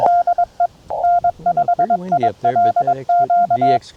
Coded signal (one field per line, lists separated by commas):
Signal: Morse code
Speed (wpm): 22 wpm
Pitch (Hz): 690 Hz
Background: speech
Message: DE N5ILQ